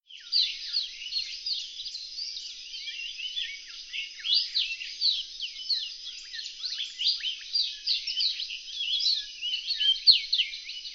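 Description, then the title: Reunion olive white-eye giving a dense, unbroken stream of thin, high twittering notes, busy and jumbled, steady throughout without clear pauses. "kicau pleci reunion olive white eye"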